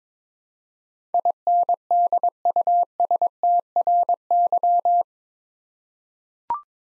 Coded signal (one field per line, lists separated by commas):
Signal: Morse code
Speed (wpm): 22 wpm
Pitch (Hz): 700 Hz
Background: none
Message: INDUSTRY